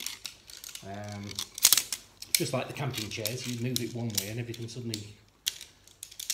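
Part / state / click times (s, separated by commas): tent pole into plastic frame hub / seated / 5.5 s, 6.0 s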